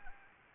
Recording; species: mosquito wingbeat signal from an infrared sensor; Anopheles gambiae